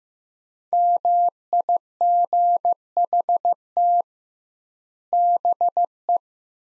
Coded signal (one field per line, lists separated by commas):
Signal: Morse code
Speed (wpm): 15 wpm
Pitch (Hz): 700 Hz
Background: none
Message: MIGHT BE